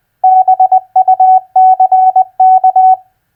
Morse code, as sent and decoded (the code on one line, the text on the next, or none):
-... ..- -.-. -.-
BUCK